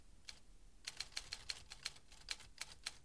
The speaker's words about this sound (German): Da schrieb doch jemand im ersten Stock auf einer Schreibmaschine.